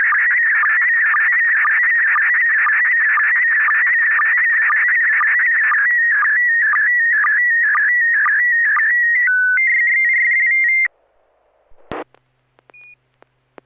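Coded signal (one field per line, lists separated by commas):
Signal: SSTV (slow-scan television)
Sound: warbling scanning tone with steady ticks, ending in a brief fast two-tone trill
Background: radio squelch clicks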